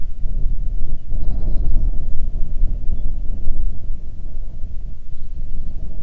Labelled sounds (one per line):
songbird
wind